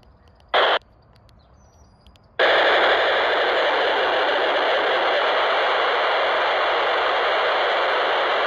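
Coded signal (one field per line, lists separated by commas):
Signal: POCSAG pager data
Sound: short squelch burst, then a steady harsh buzzing data hiss lasting about six seconds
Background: radio static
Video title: 26.745 MHz FM - POCSAG Paging Signals On 11 Meter CB Band - PNI Escort HP 82 Handheld CB Radio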